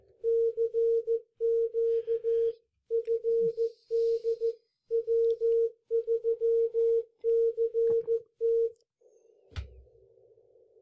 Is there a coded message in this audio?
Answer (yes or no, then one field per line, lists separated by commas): yes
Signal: Morse code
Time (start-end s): 0.3-8.7 s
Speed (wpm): 14 wpm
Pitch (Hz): 460 Hz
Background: none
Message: CQ FD W3CT